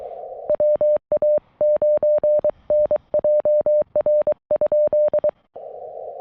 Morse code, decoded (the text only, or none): WA9NJR?